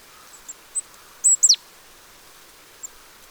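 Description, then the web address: Great tit call: one strong pair of high notes sweeping steeply down, bracketed by a few faint short high ticks against steady hiss. "pub SETE data Parus major"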